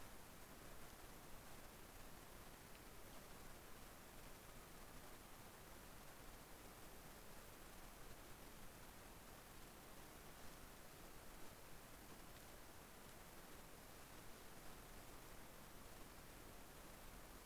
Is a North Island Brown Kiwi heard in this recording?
no